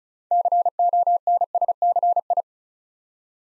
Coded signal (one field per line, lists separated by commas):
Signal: Morse code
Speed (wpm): 36 wpm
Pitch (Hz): 700 Hz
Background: none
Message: CONSCI